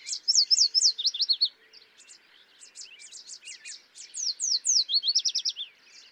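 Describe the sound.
Yellow warbler song: quick series of sweet, down-slurred whistled notes, given twice, with other birds singing busily around it.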